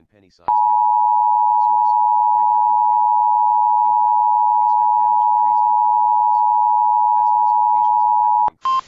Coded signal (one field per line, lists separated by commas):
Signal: Emergency Alert System (SAME) tones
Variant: 853 and 960 Hz attention tone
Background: speech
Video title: HELLTARGET (An EAS Compilation On May 19-20TH) with alerts on FM AND GUPT IP RADIO!!